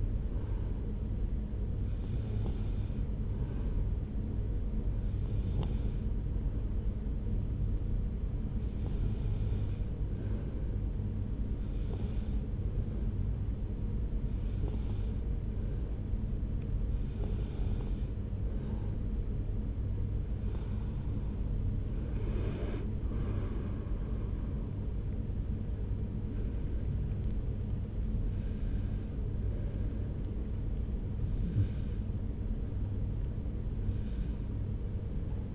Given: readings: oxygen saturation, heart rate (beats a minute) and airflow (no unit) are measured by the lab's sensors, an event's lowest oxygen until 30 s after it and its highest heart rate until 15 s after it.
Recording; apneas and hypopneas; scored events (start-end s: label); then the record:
breathing in sleep by a smartphone at the bedside; 1
7.00-25.80 s: hypopnea (N3, oxygen 94% highest, then 93% lowest)
16.00-35.55 s: new sleep stage, N2 (light sleep)
From the record:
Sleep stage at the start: N3 (deep sleep); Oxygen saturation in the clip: 93 to 94%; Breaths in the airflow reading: 10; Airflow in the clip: -2.7 to 6.1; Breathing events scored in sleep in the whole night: 335 in 6.7 hours asleep